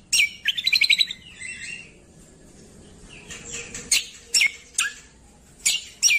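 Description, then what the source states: Streaked spiderhunter singing a fast, rattling series of high notes, a pause, then several sharp, piercing chirps scattered over the following seconds. Birdkeeper's training recording (masteran) of vigorous, clear, long singing.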